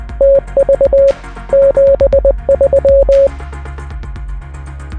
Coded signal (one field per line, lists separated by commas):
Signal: Morse code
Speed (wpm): 20 wpm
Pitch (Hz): 550 Hz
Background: music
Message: TV 73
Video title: I've got some big news - HamFest Season is HERE!